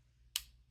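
A Rembrandt fountain pen's cap is closed onto its barrel to compare its closing sound with the other pens. A single sharp, bright click at 0.4 s stands out against a faint low hum and decays quickly. The cap seats closed on the barrel.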